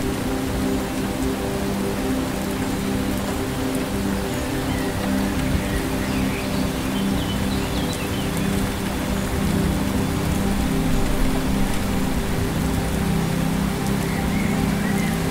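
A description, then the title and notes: Rainforest ambience with a steady rain-like hiss over a low, sustained musical drone that holds the same tones throughout. A few faint bird chirps rise briefly around six seconds and again near thirteen seconds, and the loudness stays even from start to finish. Ambient Music Rainforest Sounds Birds.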